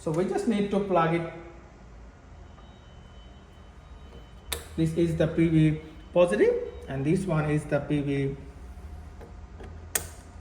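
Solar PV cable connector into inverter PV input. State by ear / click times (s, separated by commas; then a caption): seated / 10.0 s. A solar PV cable connector is plugged into the PV input port of an inverter while someone talks about the positive and negative PV inputs. A sharp click at 10.0 s marks the connector seating, secured and tight enough.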